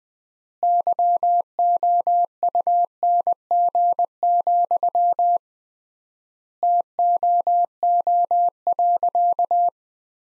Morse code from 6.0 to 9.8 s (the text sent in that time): TOO.